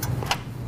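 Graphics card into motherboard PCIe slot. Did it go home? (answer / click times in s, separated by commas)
yes / 0.3 s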